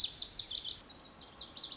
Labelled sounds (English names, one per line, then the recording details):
Lazuli Bunting
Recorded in Sonoma County, California